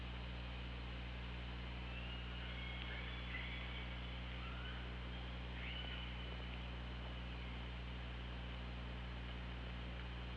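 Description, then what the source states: Orca calls, a few faint tonal calls with sliding pitch, over persistent low hum and steady hiss. Recorded on the OrcaLab hydrophone, 24 August 2017, 15:29.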